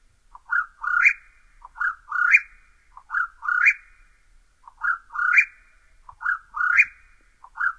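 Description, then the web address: Whip-poor-will singing its whistled three-note phrase over and over, the last note sweeping up sharply, roughly five repetitions with only faint low thumps behind. Recorded in North America. "Songs of Birds of North America Stokes. Whip poor will"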